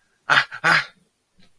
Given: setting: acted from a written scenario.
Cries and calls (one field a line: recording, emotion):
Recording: vocal sound without words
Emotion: pain